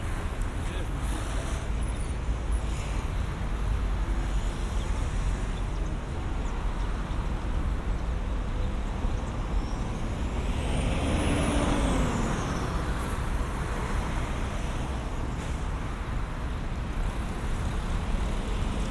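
Street traffic rumbles steadily, a dense low roar that fills the whole clip without pause. Around the eleven-second mark a vehicle swells past with a brief rising and falling whine, then the even wash of road noise carries on.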